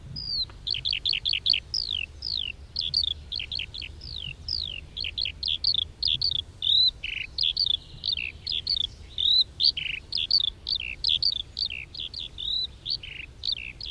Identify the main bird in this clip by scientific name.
Alauda arvensis